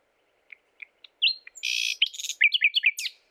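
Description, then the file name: Common nightingale song: soft spaced piping notes build into a loud harsh buzz followed by quick looping gurgled notes. "Luscinia megarhynchos"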